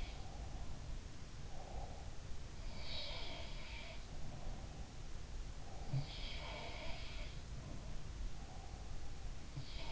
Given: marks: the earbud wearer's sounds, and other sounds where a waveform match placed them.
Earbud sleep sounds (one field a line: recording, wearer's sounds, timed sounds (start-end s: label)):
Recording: sounds in sleep by an in-ear microphone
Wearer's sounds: breath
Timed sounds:
0.00-2.20 s: breath
2.52-3.81 s: sound from someone else or the room
6.01-7.50 s: sound from someone else or the room